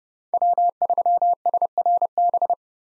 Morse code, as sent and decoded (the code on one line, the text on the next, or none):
.-- ...-- ... .-. -...
W3SRB